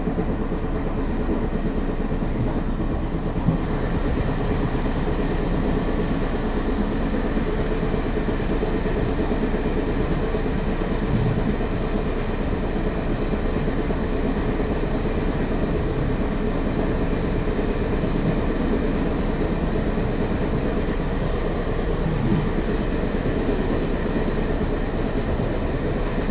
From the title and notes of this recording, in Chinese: 白噪音 枋山之旅 鐵道火車音頻。